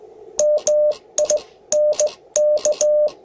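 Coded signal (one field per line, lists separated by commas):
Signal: Morse code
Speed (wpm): 17 wpm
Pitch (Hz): 600 Hz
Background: radio noise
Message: MINK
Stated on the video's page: CW QSO on 21 MHz keyed with a Begali Intrepid bug key.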